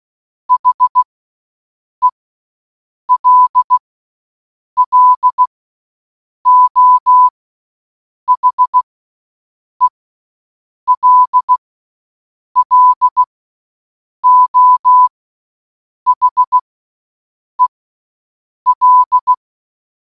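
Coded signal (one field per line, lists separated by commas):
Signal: Morse code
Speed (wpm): 16 wpm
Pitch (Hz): 1000 Hz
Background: none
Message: HELLO HELLO HEL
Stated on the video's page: The word hello sent in Morse code, repeated for one hour.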